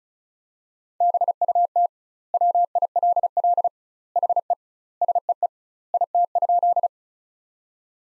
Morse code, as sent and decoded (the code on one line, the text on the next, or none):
-... ..- - / .-- .. .-.. .-.. / .... . / ... . . / .. - ..--..
BUT WILL HE SEE IT?